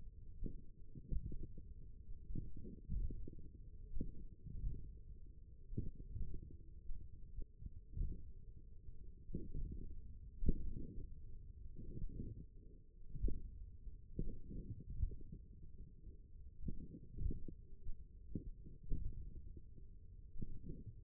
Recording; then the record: forearm muscle sounds (acoustic myography)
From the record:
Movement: finger pinch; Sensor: system 1, eight BSWA MPA416 microphones around the upper forearm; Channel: 7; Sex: male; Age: 28 years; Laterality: right